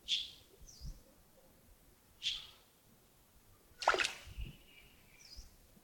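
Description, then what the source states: Bird calls: two sharp, high chirps about two seconds apart, then a broad burst of noise near the end with a low thump and a fainter chirp after it. Early morning at Yagongding, 28 December 2025, around 07:40.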